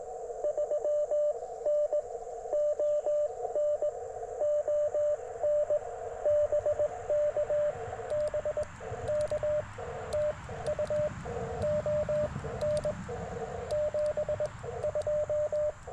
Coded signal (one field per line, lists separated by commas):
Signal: Morse code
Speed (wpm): 20 wpm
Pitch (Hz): 600 Hz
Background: radio noise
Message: 3N ON ON BK BK TU ON 72